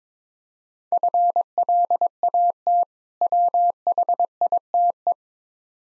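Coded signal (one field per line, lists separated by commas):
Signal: Morse code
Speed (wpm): 22 wpm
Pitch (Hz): 700 Hz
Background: none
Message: FLAT WHITE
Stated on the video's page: Morse code practice set at 22 wpm: difficult words sent with contextual hints for copying practice.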